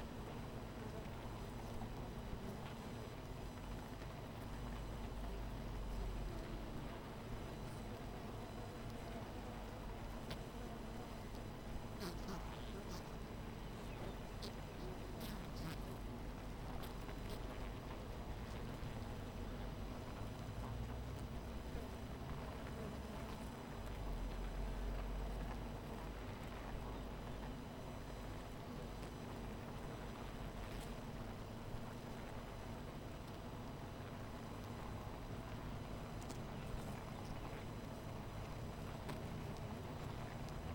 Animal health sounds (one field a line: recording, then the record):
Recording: honeybee colony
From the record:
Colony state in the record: missing queen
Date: 14 July 2017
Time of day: 13:20